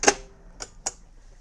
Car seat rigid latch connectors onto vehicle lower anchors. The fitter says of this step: they are the correct width apart so that they are going to easily click into place just like that.